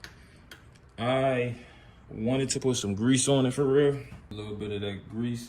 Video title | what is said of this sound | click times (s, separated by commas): Hardline installation & ￼unboxing | You just got to push it down till you hear it snap like that. | 0.0 s